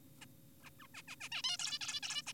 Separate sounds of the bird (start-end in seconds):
0.22-0.26, 0.63-0.70, 0.80-0.87, 0.94-1.02, 1.08-1.16, 1.21-1.29, 1.32-1.42, 1.44-1.58, 1.60-1.79, 1.81-2.00, 2.03-2.22, 2.27-2.33